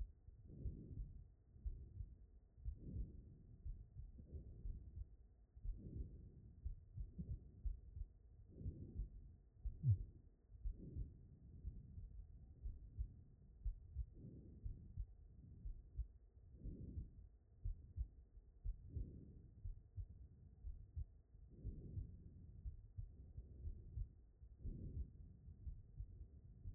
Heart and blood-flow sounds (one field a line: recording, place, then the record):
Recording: heart sounds by stethoscope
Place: aortic valve (AV)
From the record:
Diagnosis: non-HFrEF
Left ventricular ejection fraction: 56%